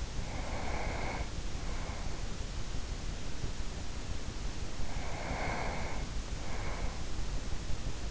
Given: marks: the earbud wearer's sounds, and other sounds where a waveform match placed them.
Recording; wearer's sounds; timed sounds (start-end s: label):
sounds in sleep by an in-ear microphone; breath
0.00-2.29 s: breath
4.65-7.43 s: breath